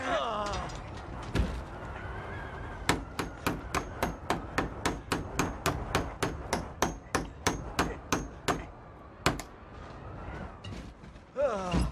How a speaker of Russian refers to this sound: Заколачивайте! Да. Нужны две деревяшки, еще одну прибивайте. Одной недостаточно, она откроется.